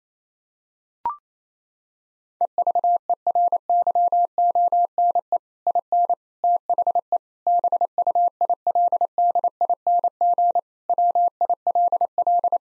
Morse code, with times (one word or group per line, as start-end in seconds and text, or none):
2.4-5.4 EVERYONE
5.7-6.1 IN
6.4-7.2 THE
7.5-10.6 BUILDING
10.9-12.6 WILL